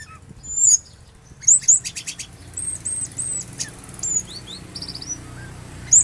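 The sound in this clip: Oriental magpie-robin singing very high whistles, quick chirps and short buzzy trills in an uneven varied phrase, with steady background hiss.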